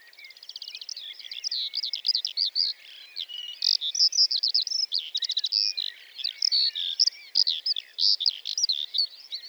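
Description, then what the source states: Lark singing a continuous, varied torrent of high chirps, buzzy trills and quick warbles, opening with a rapid rattling trill. Sings perched atop a bush before full daybreak, for about a quarter hour before flying off; Plateau de Lesches-en-Diois, 29 March 2020; Nagra Seven, stereo, cardioid MKH40.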